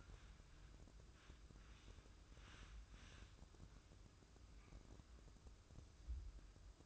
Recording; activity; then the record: daily activity, microphone in the room; wipe stove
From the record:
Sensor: 2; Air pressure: 995.9 hPa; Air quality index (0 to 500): 90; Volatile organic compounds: 4 ppm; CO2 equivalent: 1642 ppm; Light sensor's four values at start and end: 22/74/29/27 and 22/73/28/27